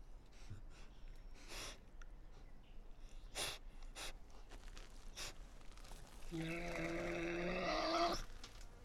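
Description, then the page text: Tasmanian devil screeching: after several seconds of faint clicks and shuffling, one harsh, harmonic wail lasting about two seconds ends the passage. Resident devils discussing who has priority, in an enclosure at the Devils@Cradle conservation facility, Cradle Mountain, Tasmania, on 24 October 2007. "Birdsong for the Curious Naturalist. Tasmanian devil. Inside an enclosure at the world-class conservation facility at Cradle Mountain, Tasmania"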